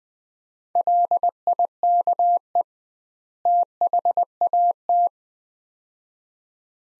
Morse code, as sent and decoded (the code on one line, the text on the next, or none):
.-.. .. -.- . / - .... .- -
LIKE THAT